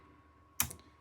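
A small locking switch on a Creality K1C 3D printer is flipped to unlock a part, giving one sharp click at 0.6 s and a faint tick at 0.8 s. The switch is released to the unlocked position.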